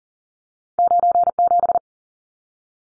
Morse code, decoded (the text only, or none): 97